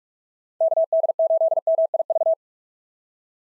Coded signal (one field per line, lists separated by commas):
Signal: Morse code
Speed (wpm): 44 wpm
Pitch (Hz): 650 Hz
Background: none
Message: KD8MIV